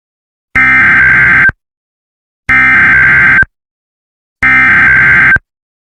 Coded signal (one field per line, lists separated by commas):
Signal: Emergency Alert System (SAME) tones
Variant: header bursts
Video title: Eas Scenario Godzilla vs. King Kong 1962